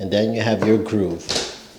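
A vinyl or laminate floor plank is being handled, with its tongue lined up to go into the groove of the adjoining plank. Someone talks over the handling, and a brighter, short sound is heard near 1.3 s. Nothing has seated or clicked yet, and the plank is not locked into the groove.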